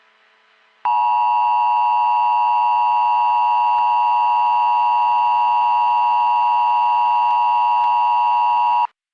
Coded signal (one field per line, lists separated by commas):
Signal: Emergency Alert System (SAME) tones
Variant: 853 and 960 Hz attention tone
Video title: EAS Scenario: Fear The Wind and Spores - October Says Goodbye Part: 1